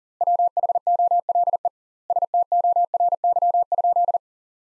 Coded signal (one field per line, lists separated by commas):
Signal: Morse code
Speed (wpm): 37 wpm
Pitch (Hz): 700 Hz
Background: none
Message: WHOLE STORY?